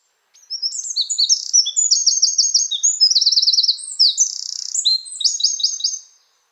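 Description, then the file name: Eurasian Wren song, a long loud outpouring of very high notes with several fast rattling trills, running almost six seconds without a break. "Troglodytes troglodytes"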